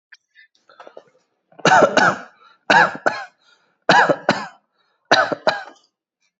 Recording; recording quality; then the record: shallow voluntary cough; excellent, no background noise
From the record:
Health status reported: exposed to COVID-19, no respiratory illness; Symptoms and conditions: none ticked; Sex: male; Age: 48 years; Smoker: not ticked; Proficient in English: yes